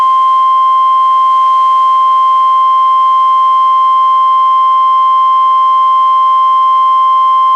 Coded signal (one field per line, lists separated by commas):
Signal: Emergency Alert System (SAME) tones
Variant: 1050 Hz attention tone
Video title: EAS #329-331: 3 NWR Required Weekly Tests- July 10-24, 2019